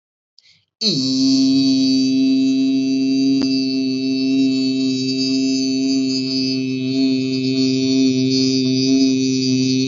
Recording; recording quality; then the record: sustained vowel as in beet; excellent, no background noise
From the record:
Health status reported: healthy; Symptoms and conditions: fever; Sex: male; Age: 32 years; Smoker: yes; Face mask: not worn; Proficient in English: yes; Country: India